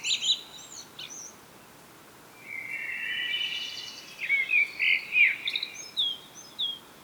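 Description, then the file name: Common blackbird singing: high squeaky twitters open, then a sustained mellow warble followed by a run of sharp chirpy notes and thin high whistles. "Turdus merula"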